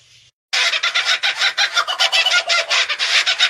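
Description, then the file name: Spangled kookaburra cackling: after a brief quiet start, a dense, harsh, rapid chatter of raucous notes pulses continuously with uneven loudness. "canto da cucaburra de lantejoulas"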